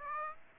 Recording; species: mosquito wingbeat signal from an infrared sensor; Aedes aegypti